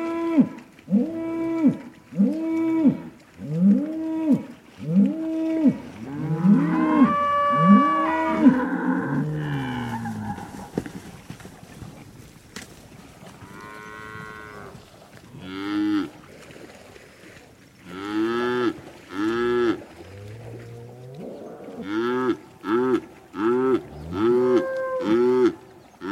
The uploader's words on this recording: Eco-Moo-tion: The Ecological Soundscape of Cow Conversations.